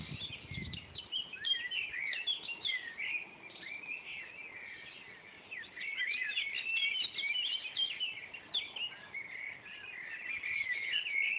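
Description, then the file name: Eurasian blackbirds singing, overlapping warbled and fluty phrases in a dense, continuous chorus with many chirps; a brief low thump near the start. Several blackbirds, at 5 a.m., June 2011. "merles-5 h-matin-juin-2011"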